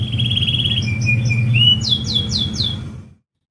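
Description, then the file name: Lancashire canary giving a short trill and a run of whistled notes followed by a few quick sweeping chirps, against a low droning hum. "kenari lancashire"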